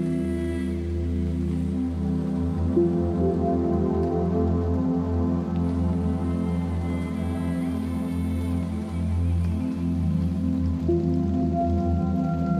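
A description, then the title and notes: Rain patters steadily beneath ambient music built from sustained low, humming tones that hold without a break. A few brighter, ringing notes, like a struck bowl, sound near three seconds and again near eleven, and the overall level stays even throughout. Rain Sounds And Ambient Music: Soundscape For Sleep.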